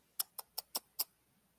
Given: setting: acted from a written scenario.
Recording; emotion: vocal sound without words; disappointment